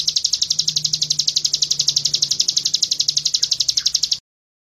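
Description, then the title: Bird trill, a fast, steady run of high buzzy pulses held evenly for about four seconds before stopping, over a faint low hum. Masteran recording used as a training model for songbirds. "Suara masteran Burung"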